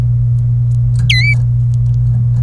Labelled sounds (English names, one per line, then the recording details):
Domestic Canary song
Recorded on 27 April 2018 at 15:26
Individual llb3